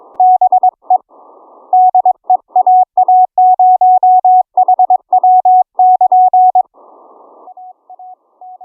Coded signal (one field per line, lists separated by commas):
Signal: Morse code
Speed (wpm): 22 wpm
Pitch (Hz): 740 Hz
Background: none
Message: BE DE AA0HW<KN>